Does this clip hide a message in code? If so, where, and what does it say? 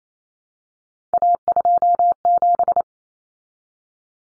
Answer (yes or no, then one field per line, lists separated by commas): yes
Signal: Morse code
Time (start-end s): 1.1-2.8 s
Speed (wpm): 28 wpm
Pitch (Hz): 700 Hz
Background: none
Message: A27